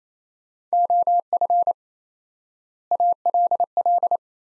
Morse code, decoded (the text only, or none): OF ALL